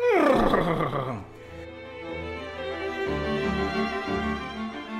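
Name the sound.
horse neighing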